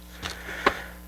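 A plastic lens tab is pushed from the back of a goggle frame and pops out, releasing one side of the lens. A faint tap sounds at 0.3 s, then a sharp plastic click at 0.7 s as the tab releases. The lens comes out.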